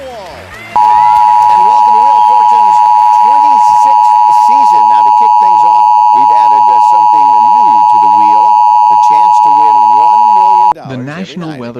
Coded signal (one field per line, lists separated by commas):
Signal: Emergency Alert System (SAME) tones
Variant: 853 and 960 Hz attention tone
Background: speech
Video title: eas scenario the megaquake